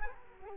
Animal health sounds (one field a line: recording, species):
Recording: mosquito wingbeat signal from an infrared sensor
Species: Culex quinquefasciatus